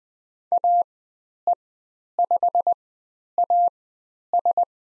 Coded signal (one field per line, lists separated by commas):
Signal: Morse code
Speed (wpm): 20 wpm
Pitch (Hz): 700 Hz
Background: none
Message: AE5AS